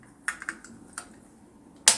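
A plastic battery cover is pushed back onto an Oculus Go VR hand controller. A few light plastic ticks are heard before it snaps closed with a sharp, loud click at 1.9 s, seating it in place.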